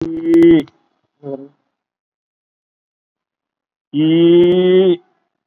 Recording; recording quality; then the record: sustained vowel as in beet; excellent, no background noise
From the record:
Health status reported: COVID-19 positive, moderate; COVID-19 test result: positive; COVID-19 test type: RT-PCR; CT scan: not taken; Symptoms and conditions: cough, cold, fever, fatigue, muscle pain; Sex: male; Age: 41 years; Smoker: no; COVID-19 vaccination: one dose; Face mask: worn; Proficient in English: yes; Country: India